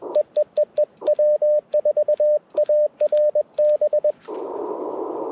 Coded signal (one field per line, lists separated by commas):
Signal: Morse code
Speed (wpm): 20 wpm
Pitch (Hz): 600 Hz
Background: radio noise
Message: EEEE W4ARB